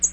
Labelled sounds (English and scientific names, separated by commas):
American Redstart (Setophaga ruticilla) flight call